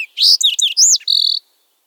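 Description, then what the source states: Fox Sparrow song: a brief rich phrase of swooping, slurred whistles, ending in a buzzy, fluttering note. Lacks the three introductory notes; notes swoop in and wander, the first usually slightly separated; song variations are associated with different subspecies.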